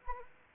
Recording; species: mosquito wingbeat signal from an infrared sensor; Anopheles arabiensis